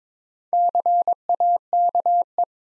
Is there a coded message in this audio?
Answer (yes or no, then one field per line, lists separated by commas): yes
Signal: Morse code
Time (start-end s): 0.5-2.4 s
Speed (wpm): 22 wpm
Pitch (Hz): 700 Hz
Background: none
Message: CAKE